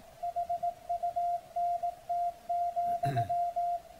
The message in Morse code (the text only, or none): HUNT,